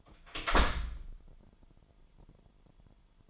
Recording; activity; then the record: daily activity, microphone in the room; close door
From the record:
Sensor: 5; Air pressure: 998.5 hPa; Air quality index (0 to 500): 81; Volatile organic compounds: 1 ppm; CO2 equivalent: 929 ppm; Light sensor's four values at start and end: 34/83/34/38 and 34/83/34/38